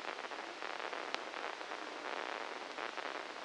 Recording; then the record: brain microelectrode recording played as sound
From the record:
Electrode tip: inside the subthalamic nucleus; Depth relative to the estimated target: -1 mm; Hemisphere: left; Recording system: NeuroSet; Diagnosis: Parkinson's disease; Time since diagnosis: 13 years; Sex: male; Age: 63 years